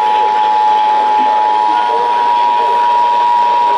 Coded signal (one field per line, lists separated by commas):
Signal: Emergency Alert System (SAME) tones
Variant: 853 and 960 Hz attention tone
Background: speech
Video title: I'M RUNNING OUT OF TITLES... EAS Alerts from 6/1/19 (EAS #2,610 - 2,612)